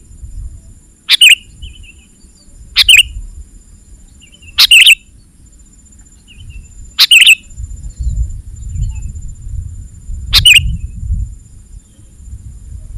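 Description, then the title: Sooty-headed bulbul calling: five short, loud chirped phrases at intervals of roughly two to three seconds, with low rumbling noise between them. "kutilang"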